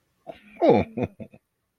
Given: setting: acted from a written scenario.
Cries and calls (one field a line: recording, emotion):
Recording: vocal sound without words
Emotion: interest